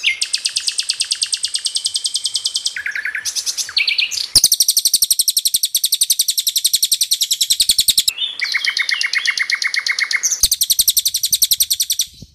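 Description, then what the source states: Bird song made of rapid rhythmic strings of high notes, shifting suddenly between distinct repeated phrases, some sharp and ticking, others buzzy trills, continuing without pause. Used as training material to teach songbirds.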